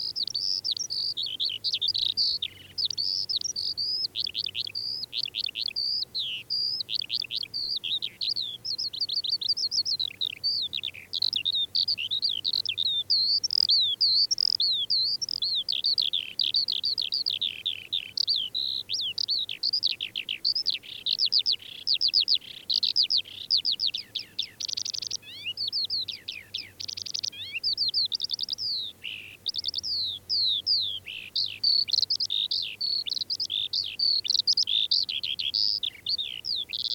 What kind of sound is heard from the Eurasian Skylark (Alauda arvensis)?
song